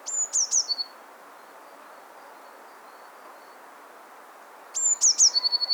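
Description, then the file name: Eurasian blue tit: two phrases of very high notes sliding into a quick rippling trill, separated by a quiet gap. "Cyanistes caeruleus"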